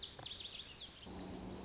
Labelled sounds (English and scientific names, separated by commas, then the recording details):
Lazuli Bunting (Passerina amoena)
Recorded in Sonoma County, California